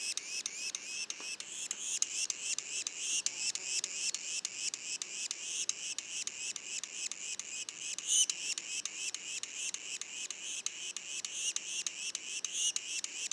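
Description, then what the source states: Yellow-bellied sapsucker juveniles: long run of high, slightly rising mewed notes, pulsing regularly about three and a half times a second, with one louder burst. Juveniles, Mont-Orford National Park, Quebec; mono recording.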